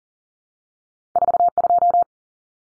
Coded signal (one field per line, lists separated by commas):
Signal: Morse code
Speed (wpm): 40 wpm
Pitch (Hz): 700 Hz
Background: none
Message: 42